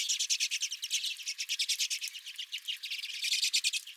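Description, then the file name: Redpolls chattering, fast dry high chips running almost without a break. Several redpolls at the recordist's own bird feeder. "Redpolls at My Feeder"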